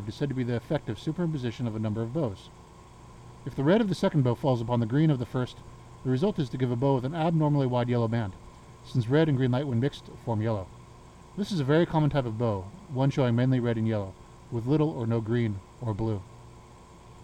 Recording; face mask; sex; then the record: reading aloud; surgical mask; male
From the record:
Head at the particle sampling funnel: turned sideways, cheek in front of it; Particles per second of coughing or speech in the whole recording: 0.342